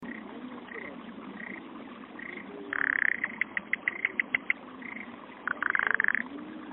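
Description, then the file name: Frog calls: soft brief croaks early on, then a louder rapid pulsed rattle, a series of spaced clicks, and another fast rattling burst near the end. "kaeru"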